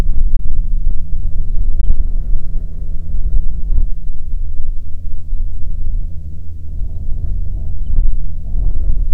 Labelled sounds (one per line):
songbird
wind
aircraft